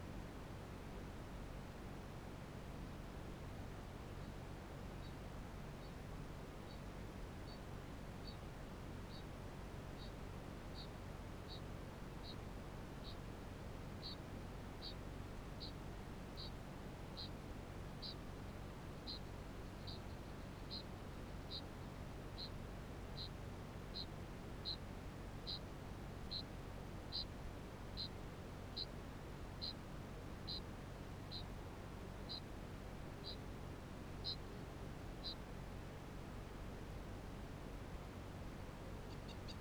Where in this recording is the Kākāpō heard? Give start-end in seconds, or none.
4.07-7.71, 8.10-35.40